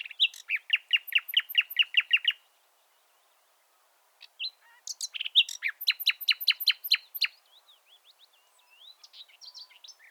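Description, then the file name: Common nightingale song: a quick train of repeated clipped notes, silence, then another rapid series of sharp notes and softer twitters. "Luscinia megarhynchos"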